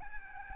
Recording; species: mosquito wingbeat signal from an infrared sensor; Aedes albopictus